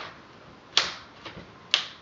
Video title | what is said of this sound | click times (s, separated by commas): How to replace laptop screen Toshiba Satellite C655D-S5136 | then you hear a snap for each one but stop when you get down here to the bottom | 0.8 s, 1.7 s